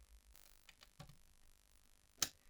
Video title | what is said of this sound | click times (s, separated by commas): RUN AND GUN WITH THE BMPCC4K | the neck snaps into place nicely and you can move that lead to wherever you want | 2.2 s